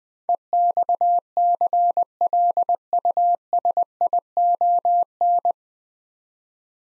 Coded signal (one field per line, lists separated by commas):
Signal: Morse code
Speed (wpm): 20 wpm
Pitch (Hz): 700 Hz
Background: none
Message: EXCLUSION